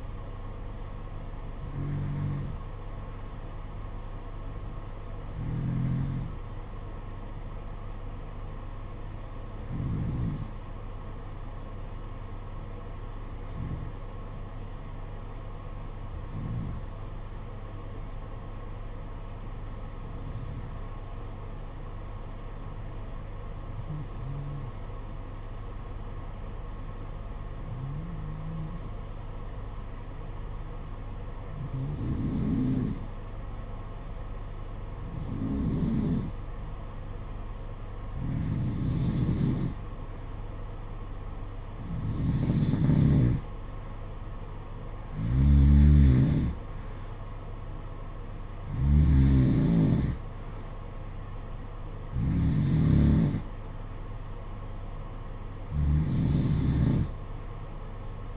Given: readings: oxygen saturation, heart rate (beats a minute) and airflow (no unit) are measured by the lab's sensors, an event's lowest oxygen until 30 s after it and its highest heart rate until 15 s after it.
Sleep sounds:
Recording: breathing in sleep by a smartphone at the bedside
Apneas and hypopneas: 1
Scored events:
11.00-40.70 s: hypopnea (N2, oxygen 95% highest, then 88% lowest, heart rate 52 at the start, 60 highest)
From the record:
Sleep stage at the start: N2 (light sleep)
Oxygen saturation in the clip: 88 to 95%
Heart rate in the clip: 51 to 60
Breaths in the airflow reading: 16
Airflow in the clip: -8.1 to 5.7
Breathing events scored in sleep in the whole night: 476 in 9.7 hours asleep

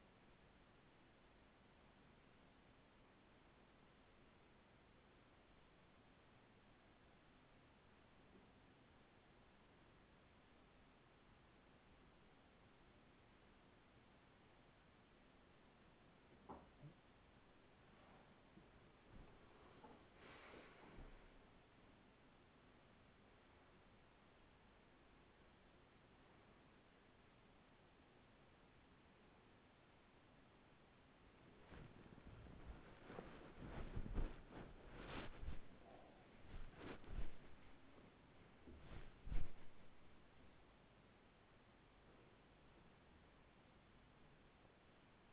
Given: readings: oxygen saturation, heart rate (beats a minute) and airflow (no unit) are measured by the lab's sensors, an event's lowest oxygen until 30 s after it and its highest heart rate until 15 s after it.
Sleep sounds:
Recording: breathing in sleep by a voice recorder at the bedside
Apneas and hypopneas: 1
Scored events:
3.00-19.70 s: hypopnea (N2, oxygen 95% highest, then 91% lowest, heart rate 52 at the start, 59 highest)
27.00-45.32 s: new sleep stage, awake
28.00-45.32 s: awake
From the record:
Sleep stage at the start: N2 (light sleep)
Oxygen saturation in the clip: 91 to 95%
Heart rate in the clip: 46 to 74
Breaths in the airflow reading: 8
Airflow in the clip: -17.5 to 13.6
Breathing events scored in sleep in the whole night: 207 in 7.6 hours asleep

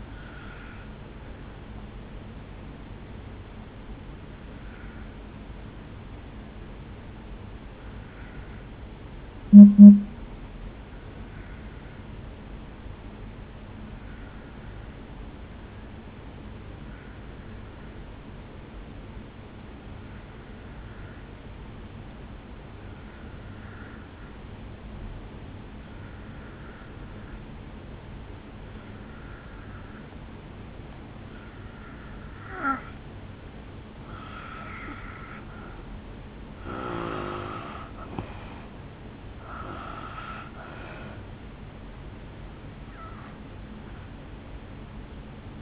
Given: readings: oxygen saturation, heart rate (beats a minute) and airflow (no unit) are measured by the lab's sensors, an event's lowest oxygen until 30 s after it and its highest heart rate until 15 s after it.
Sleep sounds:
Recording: breathing in sleep by a voice recorder at the bedside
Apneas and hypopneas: 1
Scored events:
8.00-35.70 s: obstructive apnea (N2, oxygen 97% highest, then 83% lowest, heart rate 53 at the start, 70 highest)
From the record:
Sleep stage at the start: N2 (light sleep)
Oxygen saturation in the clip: 82 to 97%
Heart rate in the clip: 53 to 70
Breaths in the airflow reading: 4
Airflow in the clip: -8.9 to 3.5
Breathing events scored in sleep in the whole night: 449 in 7.0 hours asleep

